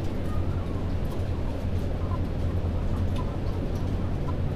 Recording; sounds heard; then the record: poultry house recording; healthy chickens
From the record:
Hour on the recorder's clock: 21